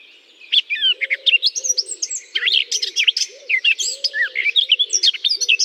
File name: chant de fauvette a tete noire dans houx